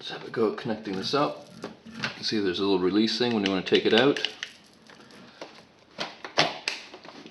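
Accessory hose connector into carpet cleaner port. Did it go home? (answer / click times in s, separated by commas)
yes / 6.7 s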